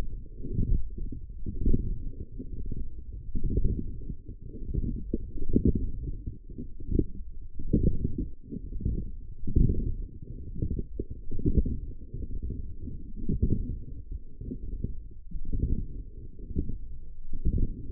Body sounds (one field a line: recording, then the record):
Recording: forearm muscle sounds (acoustic myography)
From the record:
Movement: forearm pronation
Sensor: system 1, eight BSWA MPA416 microphones around the upper forearm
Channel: 8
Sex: female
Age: 20 years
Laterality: right